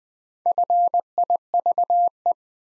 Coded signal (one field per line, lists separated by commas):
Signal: Morse code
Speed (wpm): 20 wpm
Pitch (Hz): 700 Hz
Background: none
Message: FIVE